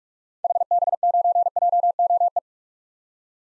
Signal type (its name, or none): Morse code